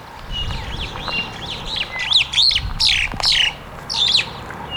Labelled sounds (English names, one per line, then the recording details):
Superb Starling flight call
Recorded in Kenya